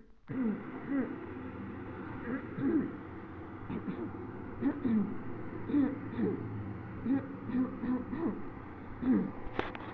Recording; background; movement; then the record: throat clearing; traffic; sitting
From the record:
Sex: female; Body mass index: 21.8 kg/m2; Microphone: on the chest, facing the body